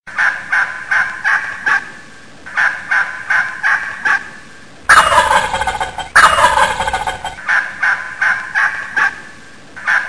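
Turkey gobbling: clusters of short clucking notes, then two loud, rattling, descending gobbles near the middle, followed by more clucking bursts.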